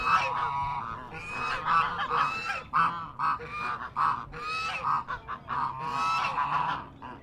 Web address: Sound Effects-Foundation 1 BIRD GEESE CHINESE HONK AGITATED 01